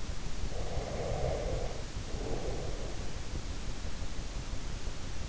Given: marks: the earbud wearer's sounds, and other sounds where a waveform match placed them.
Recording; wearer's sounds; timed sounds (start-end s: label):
sounds in sleep by an in-ear microphone; breath
0.51-3.55 s: breath